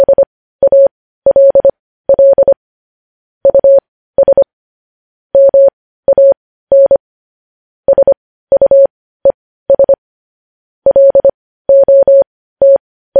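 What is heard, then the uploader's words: Morse code sent as a steady single-pitched tone, a little above middle pitch, keyed on and off in short dots and longer dashes. The beeps come in groups with brief gaps between characters, continuing throughout against a silent, clean background. Morse code.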